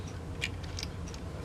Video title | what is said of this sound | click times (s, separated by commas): MT09 YAMAHA 2020 RE ASSEMBLY OF TAIL PIECES AND INSTALLATION ON BIKE. | see it snaps in of course and then you have these little snap washers i call them | 0.4 s